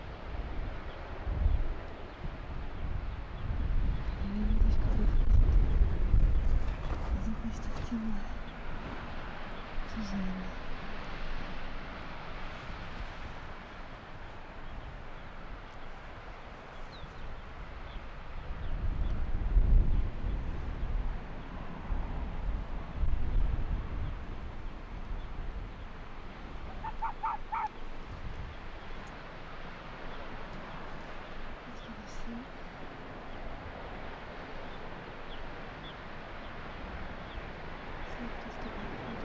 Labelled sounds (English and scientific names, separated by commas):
Arctic Fox (Vulpes lagopus)